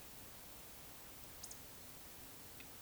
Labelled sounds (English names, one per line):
Eurasian Woodcock whistle